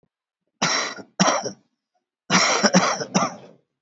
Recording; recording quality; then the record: heavy voluntary cough; excellent, no background noise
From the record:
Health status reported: COVID-19 positive, moderate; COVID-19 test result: positive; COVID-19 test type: RT-PCR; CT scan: not taken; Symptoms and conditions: cold, breathing difficulty, sore throat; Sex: male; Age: 53 years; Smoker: no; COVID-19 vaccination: one dose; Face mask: worn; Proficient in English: yes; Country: India